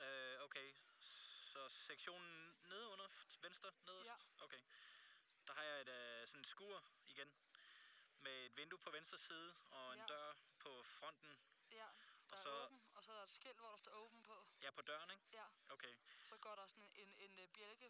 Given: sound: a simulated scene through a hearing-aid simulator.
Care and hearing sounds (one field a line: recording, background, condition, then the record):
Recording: conversation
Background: quiet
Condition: 65 dB SPL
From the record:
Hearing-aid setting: II (fast-acting compression, audibility-based gain, advanced features for about 2.5 dB of SNR improvement)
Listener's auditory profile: D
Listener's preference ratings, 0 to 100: 71, 84, 78